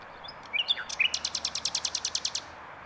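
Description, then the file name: Common nightingale song: a few whistled notes open the phrase, followed by a long, rapid, rhythmic string of loud repeated notes. "Luscinia megarhynchos"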